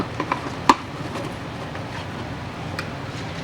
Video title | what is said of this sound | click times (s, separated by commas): How To - Properly Install a Car Seat | you just want to click it until you actually hear the clip get all this slack out of it | 0.7 s